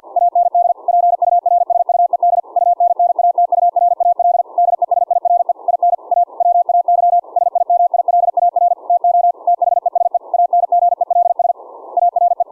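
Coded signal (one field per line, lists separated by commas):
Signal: Morse code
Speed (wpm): 50 wpm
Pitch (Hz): 700 Hz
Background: none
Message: AND PURSUED UNNATURAL DESIRE IN A WAY SIMILAR TO THESE ANGELS ARE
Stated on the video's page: CW sent from a CW keyboard, keying a rig through an audio-derived keying circuit on a breadboard, in a test of keying at different audio volumes.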